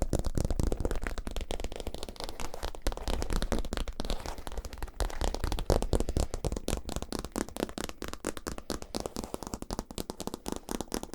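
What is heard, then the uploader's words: Dense, rapid tapping and scratching runs the whole time, a steady stream of small sharp clicks and rasps with no pauses. The sound is dry, with a low rumble underneath and constant loudness throughout. FAST TRIGGERS For Intense Tingles (Tapping, Scratching & NO Talking).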